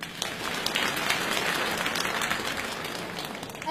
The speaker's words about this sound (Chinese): 好，二号选手的参赛作品名称就是文艺兵，掌声请出来自于吉林省榆树市小百灵少儿艺术学校的